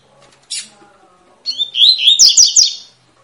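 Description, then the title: Double-collared seedeater song: a single sharp, high note, then a rapid warbled phrase of twisting, slurred notes climbing into bright trills. Tui-tui song style, a teaching song for young birds, from a bird described as spirited (fibra). "COLEIRO TUI TUI FIBRA"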